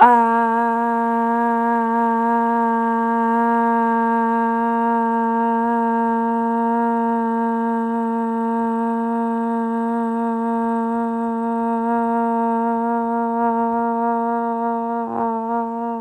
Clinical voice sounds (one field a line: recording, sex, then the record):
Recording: sustained vowel /a/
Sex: female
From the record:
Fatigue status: no fatigue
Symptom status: asymptomatic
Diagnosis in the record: COVID-19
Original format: m4a